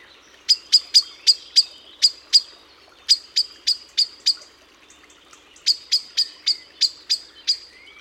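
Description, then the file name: Eurasian blackbird uttering a fast series of clipped, high chinks, about three per second, in three runs broken by short gaps. "Turdus merula"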